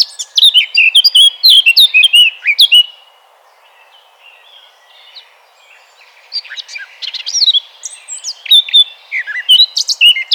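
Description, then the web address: Eurasian blackcap singing a rich, fluting warble of quick varied notes, a burst of nearly three seconds, a pause, then another phrase from about six seconds. "vogelstimmen moenchsgrasmuecke gesang nabu lars lachmann"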